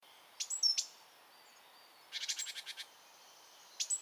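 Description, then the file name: Great tit call with a few thin high notes, then a short run of buzzy churring pulses, and another brief note at the end. "Parus major"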